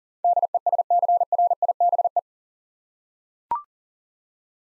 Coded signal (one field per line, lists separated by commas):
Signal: Morse code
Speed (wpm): 40 wpm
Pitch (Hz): 700 Hz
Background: none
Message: DESCRIBE